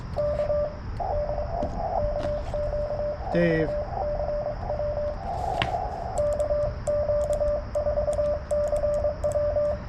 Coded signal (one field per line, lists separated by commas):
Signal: Morse code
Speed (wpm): 23 wpm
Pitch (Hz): 590 Hz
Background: speech, radio noise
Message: K DE KQ4CW KQ4CW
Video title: CW POTA at US-4567 with the Yaesu 891